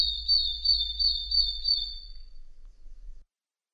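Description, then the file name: Madi injap bird song: a fast, even trill of high, thin notes, about three a second, held steady for over two seconds before fading. "suara-kicauan-burung-madi-injap omkicau"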